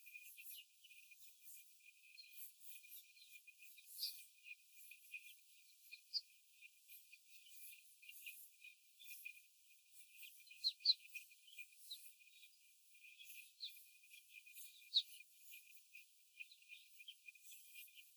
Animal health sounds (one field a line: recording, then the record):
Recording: young laying hens in a cage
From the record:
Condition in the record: after the stressor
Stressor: simulated dog barking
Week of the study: 4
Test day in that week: 1